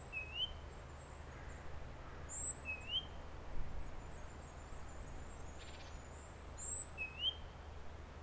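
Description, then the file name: Great tit producing sparse rising notes and faint high whistles at intervals of a few seconds, against steady low background noise. "Parus major"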